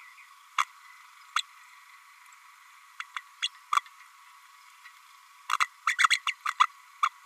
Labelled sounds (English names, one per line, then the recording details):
Green-rumped Parrotlet babbling
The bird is a female
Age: 32 days
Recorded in a nest box in Venezuela
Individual 17B32A5